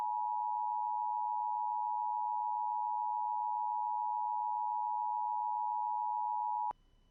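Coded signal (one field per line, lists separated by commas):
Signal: Emergency Alert System (SAME) tones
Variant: 853 and 960 Hz attention tone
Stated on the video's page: Real alerts and tests during a winter storm, including blizzard warnings, a local area emergency, a shelter-in-place warning and law enforcement warnings.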